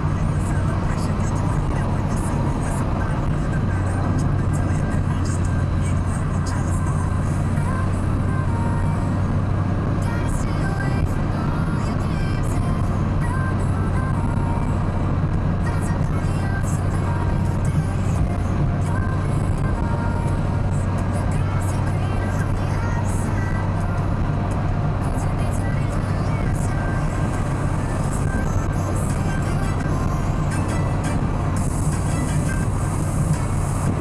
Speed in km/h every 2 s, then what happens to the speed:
108, 108, 105, 105, 105, 104, 98, 98, 95, 99, 109, 110, 111, 110, 108, 108, 108.
0-15 slows to 95. 15-20 speeds up to 109. 20-34 steady at about 109.